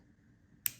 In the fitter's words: And using your set of pliers, close the jump ring. You kind of want to hear it click